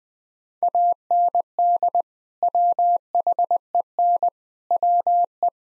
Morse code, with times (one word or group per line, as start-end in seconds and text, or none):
0.6-2.0 AND
2.4-4.3 WHEN
4.7-5.5 WE